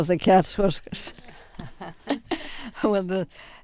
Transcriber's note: they laugh